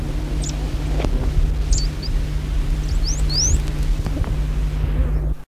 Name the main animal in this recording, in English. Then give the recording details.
Cape Penduline Tit. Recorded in the wild. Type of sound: call. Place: Farm Frauenstein. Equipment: Halbspur, 9,5 cm/s. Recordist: Lütgens, Hans. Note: Rufe